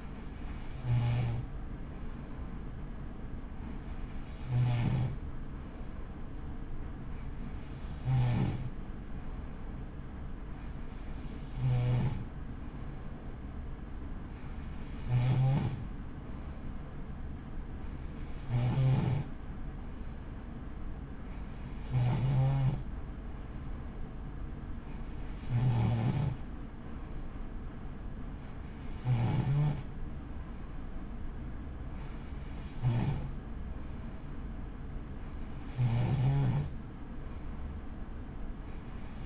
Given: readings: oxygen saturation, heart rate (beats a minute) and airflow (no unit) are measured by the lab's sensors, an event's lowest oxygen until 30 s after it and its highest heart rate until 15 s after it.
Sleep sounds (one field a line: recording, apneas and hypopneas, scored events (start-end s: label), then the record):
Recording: breathing in sleep by a smartphone at the bedside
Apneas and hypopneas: none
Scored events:
none scored
From the record:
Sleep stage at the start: N3 (deep sleep)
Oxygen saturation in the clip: 94%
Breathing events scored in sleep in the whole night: 83 in 6.1 hours asleep